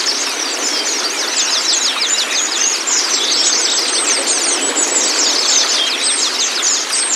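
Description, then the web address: White-eye song: lively, high-pitched chattering of several overlapping birds, quick slurred chirps packed closely together throughout. Therapy training audio for a pleci, meant to get the bird to open its beak and start singing; masteran recording. "audio pleci-terapi-buka-paruh. masteran pleci"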